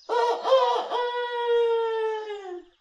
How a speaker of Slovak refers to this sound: Predsa len je tu kohút. A priamo nado mnou má aj zlatý hrebienok. Hej, kohútik, zlatý hrebienok. Teba asi niečo trápi, keď tak smutne kikiríkaš.